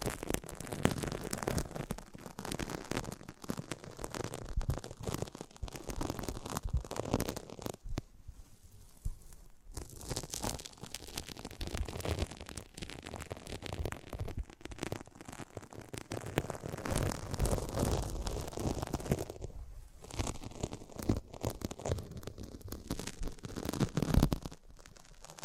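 Close-up ASMR mic treatment: dense, fast scratching and rustling with soft crackles and low rumbling thumps running almost without pause. Brief quieter dips come around 8–10 seconds and again near 20 seconds, and a sharp tap lands around 24 seconds.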